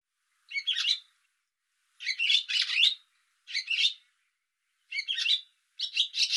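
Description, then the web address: Bird giving harsh, high chattering calls in short bursts separated by pauses of under a second. "cianscape birddata Deverinetal 2025"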